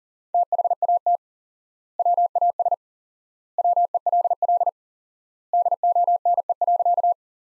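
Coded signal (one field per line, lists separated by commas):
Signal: Morse code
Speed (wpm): 40 wpm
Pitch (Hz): 700 Hz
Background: none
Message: THAT WAS WELL DONE.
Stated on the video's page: Sentence practice from the top 500 words at 40 wpm with 4x standard word spacing, a word-based analogue of Farnsworth.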